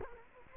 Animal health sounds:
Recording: mosquito wingbeat signal from an infrared sensor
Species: Culex quinquefasciatus

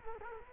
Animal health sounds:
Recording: mosquito wingbeat signal from an infrared sensor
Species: Culex quinquefasciatus

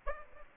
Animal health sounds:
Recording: mosquito wingbeat signal from an infrared sensor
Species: Aedes aegypti

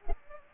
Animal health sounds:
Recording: mosquito wingbeat signal from an infrared sensor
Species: Culex pipiens

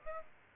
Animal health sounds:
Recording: mosquito wingbeat signal from an infrared sensor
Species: Aedes aegypti

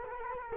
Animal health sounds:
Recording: mosquito wingbeat signal from an infrared sensor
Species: Culex quinquefasciatus

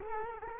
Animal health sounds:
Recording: mosquito wingbeat signal from an infrared sensor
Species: Culex quinquefasciatus

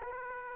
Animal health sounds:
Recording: mosquito wingbeat signal from an infrared sensor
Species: Aedes aegypti

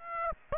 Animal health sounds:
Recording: mosquito wingbeat signal from an infrared sensor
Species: Aedes aegypti

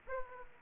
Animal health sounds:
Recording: mosquito wingbeat signal from an infrared sensor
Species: Aedes aegypti

